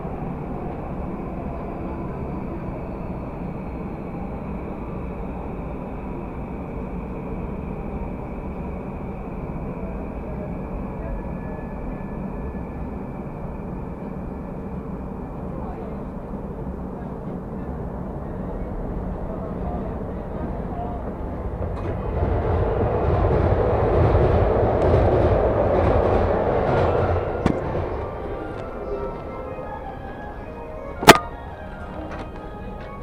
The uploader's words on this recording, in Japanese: 耳で楽しむ鉄道旅 山手・京浜東北・中央線 目黒→田町→東京→御茶ノ水。東京からは中央線快速で御茶ノ水へ。